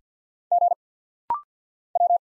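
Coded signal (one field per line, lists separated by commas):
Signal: Morse code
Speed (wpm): 50 wpm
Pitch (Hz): 700 Hz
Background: none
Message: G W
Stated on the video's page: Rapid-fire single-letter instant character recognition drill at 50 wpm, each letter sent in Morse, spoken, then sent again.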